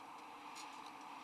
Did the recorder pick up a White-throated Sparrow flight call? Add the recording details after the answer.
no. No flight call is heard. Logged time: 11:34 on 18 December 2014